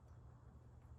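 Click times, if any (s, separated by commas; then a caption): none. A license plate light wiring connector is handled against the plastic plug of a Streetpilots sequential fender taillight harness connector, but nothing has seated or clicked yet. Only a steady low hum below about 150 Hz is heard, with no sharp sounds.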